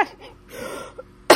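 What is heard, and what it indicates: A quiet stretch with faint breathy sounds ends in a sudden loud, harsh burst that is cut off at the end. It is a single cough from an adult woman with an incessant cough, who coughed a great deal the night before and has a gravelly voice.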